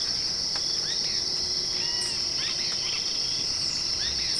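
Bird calls: short rising and falling chirps scattered throughout, set against a steady high insect drone.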